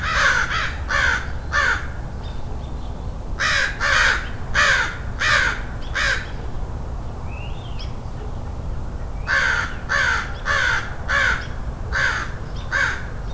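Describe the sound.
Crow cawing in three bursts of several harsh, rasping caws, separated by pauses, with a faint bird chirp between and low rumble.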